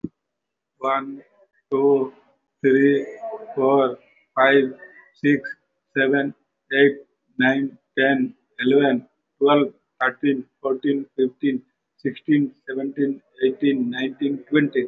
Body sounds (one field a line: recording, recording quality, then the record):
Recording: counting at a normal pace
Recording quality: excellent, no background noise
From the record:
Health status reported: recovered from COVID-19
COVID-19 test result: positive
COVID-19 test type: RT-PCR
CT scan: taken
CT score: 0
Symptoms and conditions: breathing difficulty, fatigue, muscle pain, pneumonia, another respiratory illness, hypertension, another condition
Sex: male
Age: 54 years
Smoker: yes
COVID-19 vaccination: none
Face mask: not worn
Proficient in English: yes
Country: India